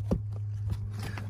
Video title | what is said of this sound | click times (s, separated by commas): Lasfit All Weather Floor Mat Install & Review 2019+ Ram | snapped into place | 0.1 s